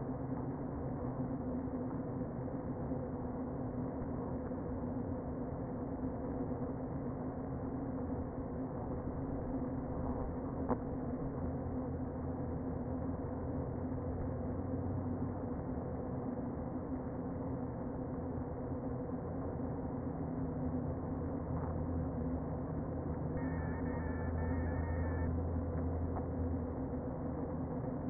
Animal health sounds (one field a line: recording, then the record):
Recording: honeybee colony, microphone inside the hive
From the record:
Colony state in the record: queen present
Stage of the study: before two queens were removed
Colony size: about 60,000 bees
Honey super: yes